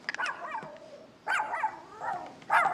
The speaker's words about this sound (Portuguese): Da próxima vez que o cão ladrar, ele vai descobrir que eu ladro muito mais alto que ele.